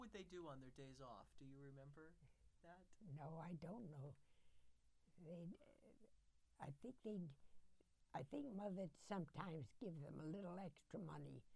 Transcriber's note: none